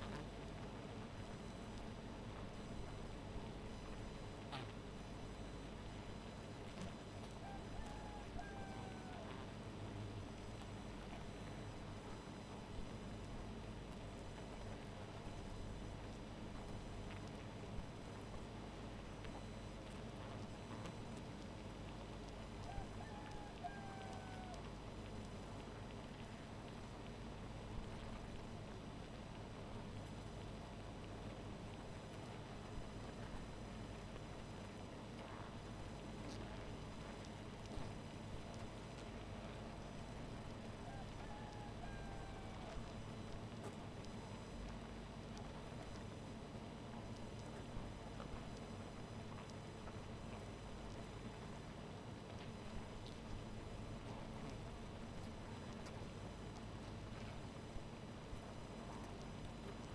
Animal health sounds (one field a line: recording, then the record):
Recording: honeybee colony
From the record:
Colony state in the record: missing queen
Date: 14 July 2017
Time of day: 0:06